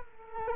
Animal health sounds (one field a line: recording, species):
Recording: mosquito wingbeat signal from an infrared sensor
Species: Culex quinquefasciatus